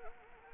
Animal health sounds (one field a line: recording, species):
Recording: mosquito wingbeat signal from an infrared sensor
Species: Anopheles arabiensis